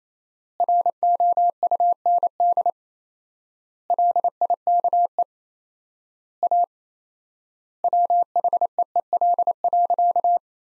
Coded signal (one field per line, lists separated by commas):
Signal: Morse code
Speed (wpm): 28 wpm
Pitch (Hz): 700 Hz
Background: none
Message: ROUND LIKE A WHEEL.